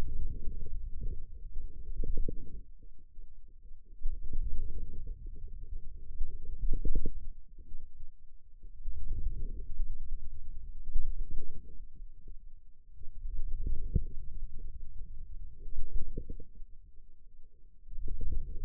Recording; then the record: forearm muscle sounds (acoustic myography)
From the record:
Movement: radial deviation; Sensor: system 2, bracelet of six BSWA MPA416 microphones around the upper forearm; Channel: 2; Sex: male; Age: 22 years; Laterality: right